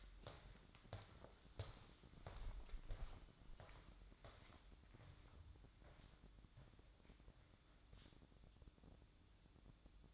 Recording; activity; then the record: daily activity, microphone in the room; walk to room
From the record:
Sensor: 3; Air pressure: 1008.2 hPa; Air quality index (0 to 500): 132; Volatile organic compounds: 2 ppm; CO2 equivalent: 1091 ppm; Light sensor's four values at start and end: 9/21/8/8 and 9/21/8/8